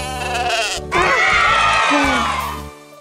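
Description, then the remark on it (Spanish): A sheep lets out one long, quavering bleat lasting about two seconds, loud and wavering in pitch, over a steady low drone that fades out at the end. “¡Es la oveja!”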